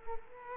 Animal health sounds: mosquito wingbeat signal from an infrared sensor; Culex quinquefasciatus

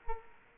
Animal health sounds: mosquito wingbeat signal from an infrared sensor; Culex quinquefasciatus

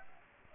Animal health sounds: mosquito wingbeat signal from an infrared sensor; Aedes aegypti

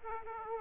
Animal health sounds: mosquito wingbeat signal from an infrared sensor; Aedes aegypti

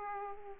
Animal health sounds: mosquito wingbeat signal from an infrared sensor; Aedes aegypti

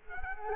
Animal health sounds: mosquito wingbeat signal from an infrared sensor; Culex quinquefasciatus

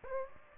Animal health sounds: mosquito wingbeat signal from an infrared sensor; Aedes aegypti

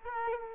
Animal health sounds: mosquito wingbeat signal from an infrared sensor; Culex quinquefasciatus

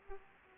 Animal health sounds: mosquito wingbeat signal from an infrared sensor; Aedes aegypti

